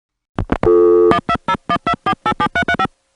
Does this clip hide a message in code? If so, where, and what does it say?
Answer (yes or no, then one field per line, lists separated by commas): yes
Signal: DTMF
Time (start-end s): 1.1-2.9 s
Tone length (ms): 70 ms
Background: music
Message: 12012487335